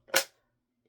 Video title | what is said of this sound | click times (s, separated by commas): Project Recipe #20 from the 52 Scrapbooking Project Recipes book | your micro tip scissors will also snap right in there. So, very handy. | 0.2 s